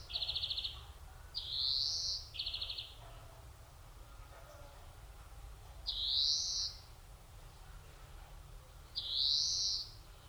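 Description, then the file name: European greenfinch calls: a few short buzzy trills and drawn-out rising nasal wheezes, repeated every few seconds over low background noise. "Chloris chloris"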